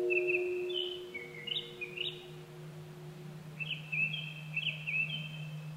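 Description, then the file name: Japanese thrush song: clear whistled phrases of sliding notes, a few short ticks between, over a low steady hum. Recorded 25 April 2010 at 18:00. "kurotugumi 20100425-1800"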